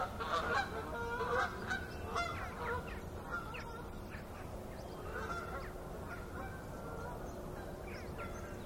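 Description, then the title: Goose: geese honking, a burst of louder calls at the start then a steady chatter of softer overlapping honks over low rumble. Geese in gaggles in fields and flooded meadows by the River Thame, England, UK, morning of 23 September 2023, excited by water across the meadows. "Gaggles of geese, River Thame, England, UK on 23rd September 2023 – by Paul Ridout"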